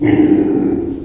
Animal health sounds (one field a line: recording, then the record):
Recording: squeal of a Yucatan mini pig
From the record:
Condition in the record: before surgery on the right vocal fold (resection and tissue-engineered implant)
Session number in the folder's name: 1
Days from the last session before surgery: -21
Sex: female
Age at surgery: 19 weeks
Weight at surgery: 25 kg